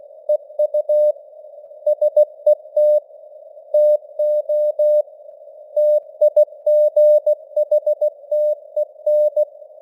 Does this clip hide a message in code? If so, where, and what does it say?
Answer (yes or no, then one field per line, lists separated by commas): yes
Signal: Morse code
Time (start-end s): 0.3-9.4 s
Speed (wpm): 16 wpm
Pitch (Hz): 600 Hz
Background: none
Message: EU SET TO TIGHTEN